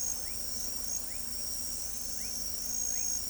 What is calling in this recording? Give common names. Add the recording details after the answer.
none. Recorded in pastures near Pivijay, Magdalena, Colombia, on 2 June 2023 at 23:30. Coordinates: 10.456, -74.369. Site P6-G026